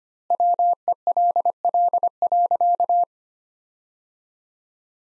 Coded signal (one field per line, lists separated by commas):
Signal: Morse code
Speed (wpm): 25 wpm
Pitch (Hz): 700 Hz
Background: none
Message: WELL.